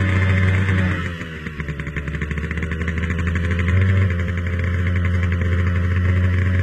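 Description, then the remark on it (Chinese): A motorcycle engine roars steadily with a low, buzzing drone, briefly dipping then revving back up as it rides on at speed. It leaves the road and cuts through dense village houses, then winds along back lanes, shaking off a following police car. No voices are heard. “田海驾着摩托车又驶离公路，钻进密集的村舍，紧接着又窜进城郊的工房群落，然后七弯八拐的抄小路，终于甩掉了尾随的警车，向西去的方向疾驶而去。”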